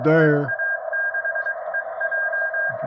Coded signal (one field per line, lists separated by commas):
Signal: Morse code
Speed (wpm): 22 wpm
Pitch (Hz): 1600 Hz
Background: speech, radio noise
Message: EA6EJ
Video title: Checking out a MTCRADIO exclusive! LDG AAF5 Analog noise filter! #mtc #mfj #ldg #hamradio #10meter